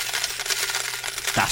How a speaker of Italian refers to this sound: Amici miei, cose grosse. Senti i soldi, senti.